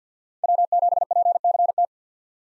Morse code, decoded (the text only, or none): W7PCT